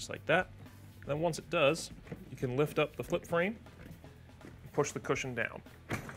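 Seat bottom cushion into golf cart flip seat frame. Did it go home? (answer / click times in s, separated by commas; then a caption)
no / none. Someone talks while the flip frame of a RHOX Rhino SEAT-421 flip seat kit on an old-style Club Car DS golf cart is lifted and the seat bottom cushion is pushed down onto the flip-seat frame. Faint short knocks come at about 4.4 s and 6.1 s. Nothing has seated or clicked yet.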